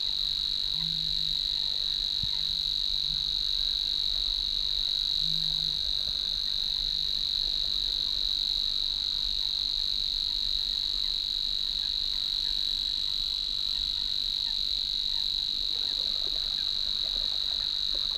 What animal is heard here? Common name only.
Savi's Warbler